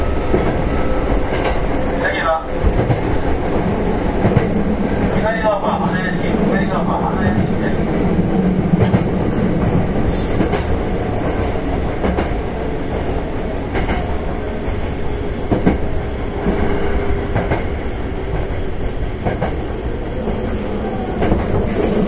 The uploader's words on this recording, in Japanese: 阪急6000系 宝塚線急行 梅田から宝塚まで。It is running sound of Hankyu Railway 6000 series train.I recorded on the express train of Takarazuka Line.The section is from Umeda to Takarazuka.電車の走行音。